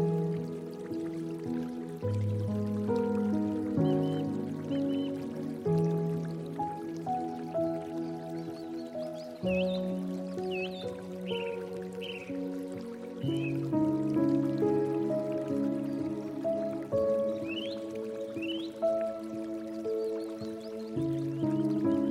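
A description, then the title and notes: A slow, gentle piano plays sustained low and middle notes, changing chords every couple of seconds, over a soft continuous wash of flowing water. Bright little drips and chirps surface now and then, clustering around the middle and again near the end. Bamboo Fountain with Piano. Water sounds infused with peaceful piano rhythm.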